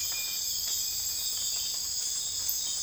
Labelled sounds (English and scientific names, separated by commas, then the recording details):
none
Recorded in dense forest near Puerto Asís, Putumayo, Colombia, on 21 December 2024 at 03:30
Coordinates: 0.484, -76.325
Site G056